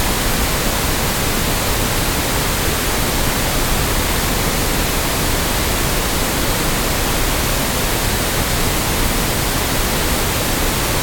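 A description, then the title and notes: Pink noise plays as a steady, unbroken hiss, fuller and softer than white noise, with its weight tilted toward the low end and less sharpness up top. The level holds perfectly even for the whole stretch, with no events or background sounds. PINK NOISE • A Variant of White Noise With Reduced Higher Frequencies.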